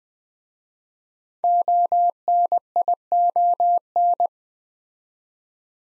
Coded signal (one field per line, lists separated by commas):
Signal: Morse code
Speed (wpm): 20 wpm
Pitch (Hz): 700 Hz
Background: none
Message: ONION